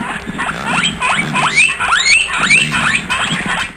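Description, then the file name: Guinea pig squeals: arched squeaks that rise then fall, repeated about twice a second. "cuy"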